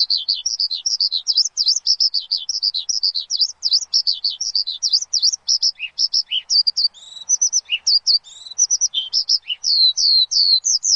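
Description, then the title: Javan bush lark song: a fast, varied stream of thin whistled and slurred notes, with upward and downward sweeps and a few sharp chips. Bird singing vigorously and persistently; used as a lure. "PANCINGAN Suara BURUNG Branjangan Gacor"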